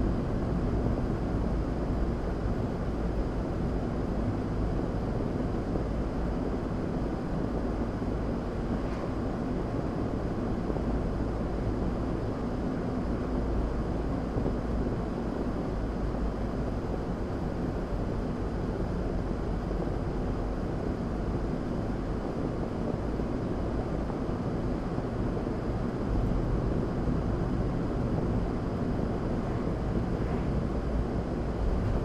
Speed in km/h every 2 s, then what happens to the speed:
56, 55, 55, 53, 55, 55, 56, 52, 48, 47, 53, 60, 63, 63, 60, 56.
0-13 steady at about 55. 13-18 slows to 47. 18-26 speeds up to 63. 26-32 slows to 56.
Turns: none.